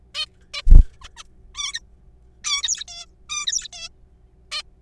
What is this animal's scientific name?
Taeniopygia guttata